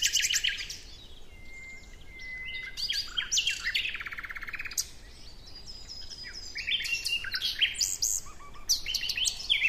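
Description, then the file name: Common nightingale song: rich varied phrases of rapid clicking trills, buzzy rattles and sharp whistles, with a long pure whistled note held near the start. "Luscinia megarhynchos"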